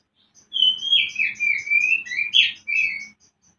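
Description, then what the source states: Oriental magpie-robin song phrase: rich, sweet whistles sliding up and down, with thin high notes above, lasting about two and a half seconds over a faint hum. Used to stimulate a bird into singing; Indonesian 'pancingan birahi' (mating-arousal lure) and 'masteran' (tutor song) style.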